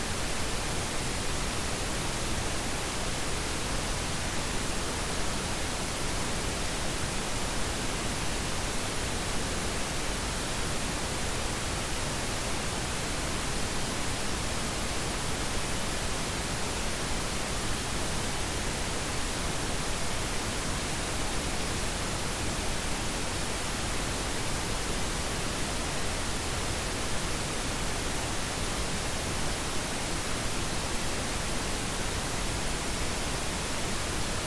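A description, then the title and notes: Pink noise plays as a steady, unbroken hiss for the whole clip, with no pauses or changes in level. The sound is dense and even, weighted a little warmer and fuller toward the low end than a thin, bright hiss. Extended Pink Noise.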